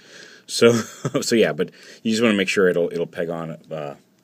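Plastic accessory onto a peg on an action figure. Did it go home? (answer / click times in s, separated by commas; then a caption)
no / none. Someone talks while a plastic accessory is handled and pressed toward a peg on a plastic action figure. Nothing has pegged on or snapped into place yet; the part is not yet home.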